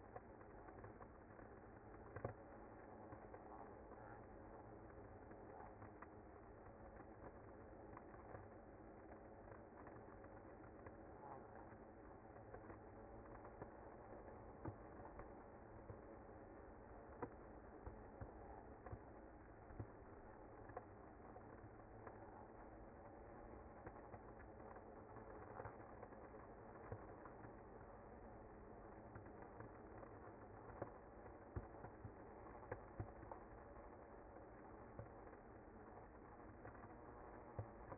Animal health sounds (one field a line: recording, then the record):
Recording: honeybee colony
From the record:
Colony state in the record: active